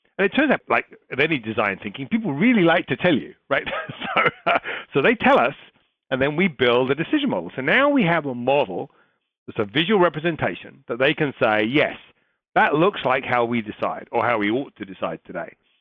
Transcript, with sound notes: And it turns out, like in any design thinking, people really like to tell you.. [laugh] So, they tell us, and then we build a decision model. So, now we have a model that’s a visual representation that they can say, “Yes, that looks like how we decide, or how we ought to decide today.”